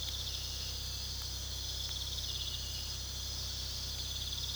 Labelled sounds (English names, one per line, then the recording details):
none
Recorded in pastures near Puerto Asís, Putumayo, Colombia, on 19 February 2024 at 01:30
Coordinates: 0.486, -76.323
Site G6462